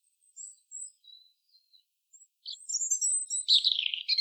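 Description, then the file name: European robin song: several thin, high whistles that lead into a fuller, rapid warbling phrase, rich and tumbling, growing louder toward the end. "Erithacus rubecula"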